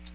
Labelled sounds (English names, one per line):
American Redstart flight call